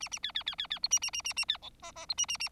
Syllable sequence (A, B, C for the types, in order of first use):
A A B B B B B C A A A A A B D E E C A A A